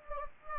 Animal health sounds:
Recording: mosquito wingbeat signal from an infrared sensor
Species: Anopheles gambiae

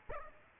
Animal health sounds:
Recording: mosquito wingbeat signal from an infrared sensor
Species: Aedes aegypti

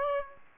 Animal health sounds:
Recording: mosquito wingbeat signal from an infrared sensor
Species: Aedes aegypti

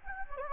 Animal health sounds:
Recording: mosquito wingbeat signal from an infrared sensor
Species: Anopheles gambiae

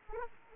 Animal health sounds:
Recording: mosquito wingbeat signal from an infrared sensor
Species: Anopheles arabiensis

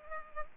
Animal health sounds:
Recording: mosquito wingbeat signal from an infrared sensor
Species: Culex pipiens

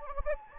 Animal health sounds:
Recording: mosquito wingbeat signal from an infrared sensor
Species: Anopheles gambiae

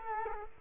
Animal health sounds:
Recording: mosquito wingbeat signal from an infrared sensor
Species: Culex quinquefasciatus

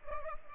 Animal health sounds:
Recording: mosquito wingbeat signal from an infrared sensor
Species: Culex pipiens

